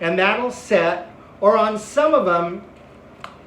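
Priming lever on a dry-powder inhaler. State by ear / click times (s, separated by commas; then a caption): seated / 3.2 s. Someone talks while pulling down the priming lever on a plastic dry-powder inhaler to open the dose container. A single sharp click is heard at 3.2 seconds as the lever seats in the set position, meaning the dose is ready.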